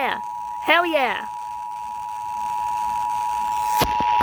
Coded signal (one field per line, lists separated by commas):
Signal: Emergency Alert System (SAME) tones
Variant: 853 and 960 Hz attention tone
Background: speech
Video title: Ohio rmt 07/09/25 eas idk